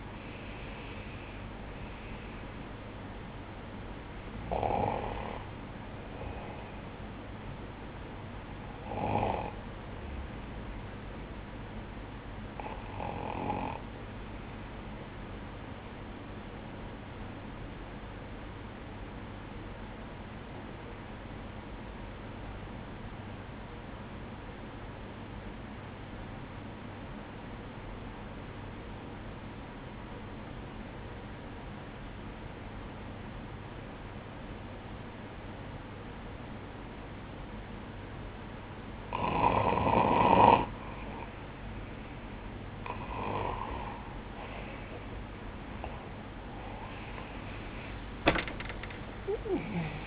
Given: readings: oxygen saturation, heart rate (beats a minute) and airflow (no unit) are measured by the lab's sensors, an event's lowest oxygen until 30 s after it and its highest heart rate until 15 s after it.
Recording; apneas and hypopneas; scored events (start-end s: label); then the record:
breathing in sleep by a voice recorder at the bedside; 1
20.00-41.10 s: obstructive apnea (N1, oxygen 96% highest, then 93% lowest, heart rate 50 at the start, 64 highest)
38.00-50.06 s: new sleep stage, awake
42.00-50.06 s: awake
From the record:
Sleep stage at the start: N1 (lightest sleep); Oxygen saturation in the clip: 93 to 96%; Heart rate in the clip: 47 to 64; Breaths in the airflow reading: 7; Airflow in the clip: -11.6 to 11.7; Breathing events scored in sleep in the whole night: 180 in 6.7 hours asleep